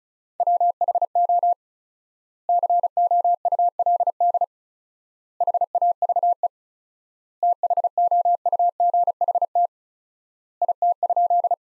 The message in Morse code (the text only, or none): WHO COULD HAVE THOUGHT IT?